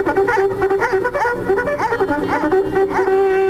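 A dog barks repeatedly in a quick, uneven rhythm, its high yelping barks rising and falling over a steady sustained tone that runs through the whole sound.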